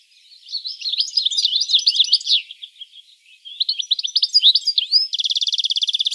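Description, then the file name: European goldfinch singing fast jangling twitters, a pause, then more chattering phrases ending in a rapid buzzy rattle of evenly repeated notes. "Carduelis carduelis"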